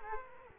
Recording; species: mosquito wingbeat signal from an infrared sensor; Aedes aegypti